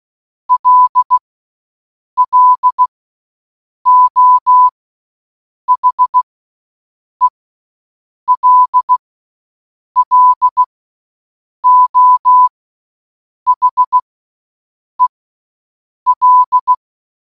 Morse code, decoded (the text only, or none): LLO HELLO HEL